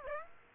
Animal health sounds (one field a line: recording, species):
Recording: mosquito wingbeat signal from an infrared sensor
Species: Aedes aegypti